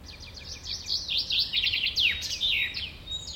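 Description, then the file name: Common chaffinch song, a busy run of sharp high notes with quick descending slurs, over a low steady background hum. "Fringilla coelebs"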